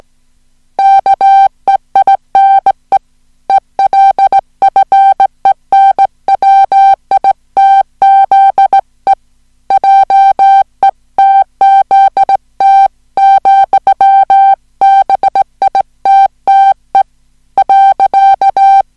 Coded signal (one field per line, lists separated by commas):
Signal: Morse code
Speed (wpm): 17 wpm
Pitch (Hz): 780 Hz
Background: music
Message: KEINE ELFENWITZE JETZT, BITTE.